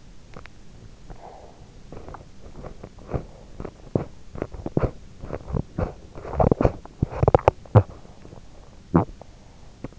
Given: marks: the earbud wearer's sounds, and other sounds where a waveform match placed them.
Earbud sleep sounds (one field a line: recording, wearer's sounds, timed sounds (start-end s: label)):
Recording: sounds in sleep by an in-ear microphone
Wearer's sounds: swallowing, teeth grinding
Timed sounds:
0.00-1.71 s: swallowing
1.71-9.99 s: teeth grinding